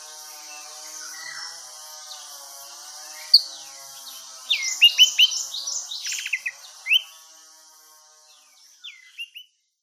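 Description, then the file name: Orange-headed thrush calls: soft scattered chirps, then a cluster of quick rising notes and short downslurred whistles over a low, steady humming background. Female. "suara burung anis merah betina"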